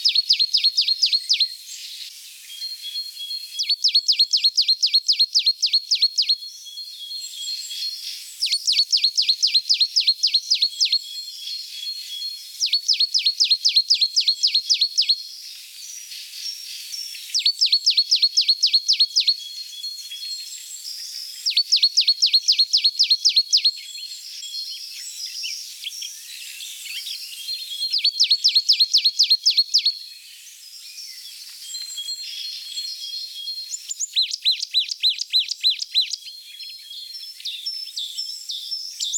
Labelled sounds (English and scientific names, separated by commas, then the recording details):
Marsh Tit (Poecile palustris) song
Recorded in the wild
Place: Oberrotweil am Kaiserstuhl, Baden-Württemberg, DE
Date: 1982-04-12
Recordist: Schwarz, Dieter